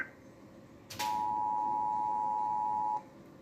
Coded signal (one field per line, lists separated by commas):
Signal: Emergency Alert System (SAME) tones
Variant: 853 and 960 Hz attention tone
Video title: EAS Scenario: Denmark (1984)